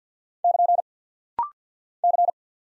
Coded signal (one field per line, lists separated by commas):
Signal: Morse code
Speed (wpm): 48 wpm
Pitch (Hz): 700 Hz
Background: none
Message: <KN> C